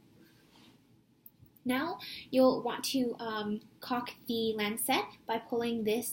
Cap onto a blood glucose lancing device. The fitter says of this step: you'll click and that means just secure now